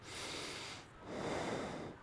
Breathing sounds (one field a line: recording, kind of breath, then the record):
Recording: one breath in and out by a microphone near the nose and mouth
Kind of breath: normal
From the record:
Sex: male